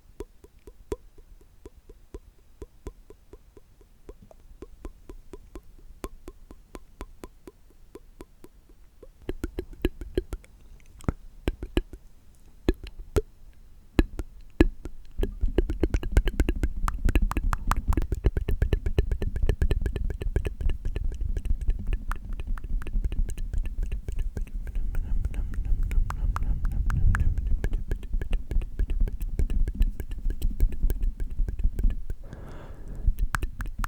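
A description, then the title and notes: Dry mouth sounds: sparse, regular clicks for nine seconds, then denser smacks and crackles that grow louder and near-continuous after fifteen seconds. Dry Mouth Sounds + Hand Visuals (INSTANT TINGLES).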